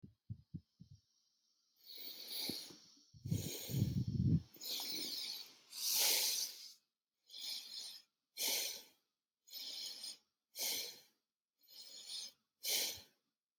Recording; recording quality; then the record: deep breathing; excellent, no background noise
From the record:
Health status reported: exposed to COVID-19, no respiratory illness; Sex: male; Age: 41 years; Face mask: not worn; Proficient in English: yes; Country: United States